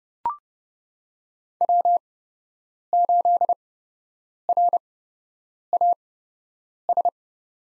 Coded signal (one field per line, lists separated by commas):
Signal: Morse code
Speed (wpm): 30 wpm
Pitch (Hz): 700 Hz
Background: none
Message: W8RAS